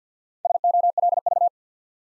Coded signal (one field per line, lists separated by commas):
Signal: Morse code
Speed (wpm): 50 wpm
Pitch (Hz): 700 Hz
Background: none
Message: SOLV